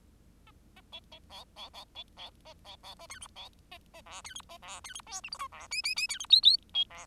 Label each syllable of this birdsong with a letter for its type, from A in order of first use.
A A B B C C C B C A C C A D E C A A F D E A F D E G H I J F K K K D E L L B F